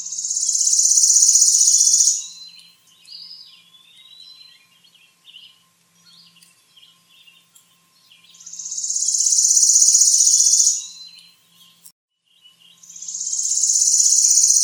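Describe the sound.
Bird song made of long, shrill buzzing trills, each about two seconds, repeated three times with soft scattered chips between them.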